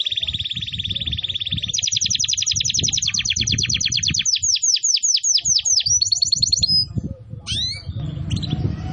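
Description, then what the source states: Canary singing a continuous high trill that changes into rapid downslurred notes and sweeping whistles, with low rumbling background noise throughout. Used as a lure to attract birds.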